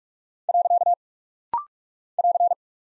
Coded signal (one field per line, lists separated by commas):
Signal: Morse code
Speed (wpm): 46 wpm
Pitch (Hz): 700 Hz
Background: none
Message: . <AR>